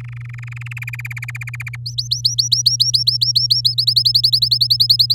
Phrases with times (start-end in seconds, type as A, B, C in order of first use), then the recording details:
0.00-0.79 A, 0.82-1.76 B, 1.86-3.74 C, 3.78-5.14 D. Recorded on 11 May 2018 at 06:04. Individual llb16